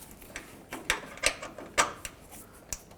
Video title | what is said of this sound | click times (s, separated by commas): How to Replace Tailgate Damper 2008-2010 Ford F-250 | now you can take the narrower end the shaft of the damper and slide it over until it clicks | 0.9 s